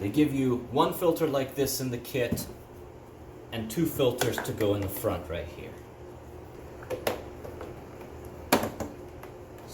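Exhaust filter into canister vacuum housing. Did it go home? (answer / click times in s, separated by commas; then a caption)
yes / 8.5 s. Someone talks while a replacement exhaust filter is slid into the front of a Miele C1 Classic Pure Suction canister vacuum housing, where the arrows point. Soft plastic taps follow, and a sharp click at 8.5 s marks the filter locking into place.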